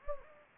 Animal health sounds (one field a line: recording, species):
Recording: mosquito wingbeat signal from an infrared sensor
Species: Anopheles gambiae